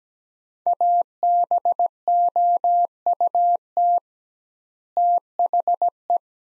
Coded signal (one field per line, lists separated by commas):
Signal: Morse code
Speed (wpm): 17 wpm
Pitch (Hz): 700 Hz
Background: none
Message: ABOUT THE